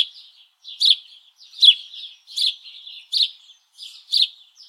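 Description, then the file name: House sparrow giving loud clipped chirps a little more often than once a second, with softer twittering notes between them. "Passer domesticus"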